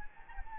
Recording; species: mosquito wingbeat signal from an infrared sensor; Anopheles gambiae